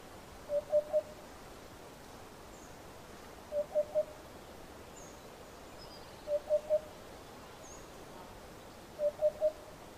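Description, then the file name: Eurasian hoopoe song of low, mellow triple hoots, 'oop-oop-oop', repeated about every three seconds, four phrases, with faint thin calls of other birds high above. "Abubilla"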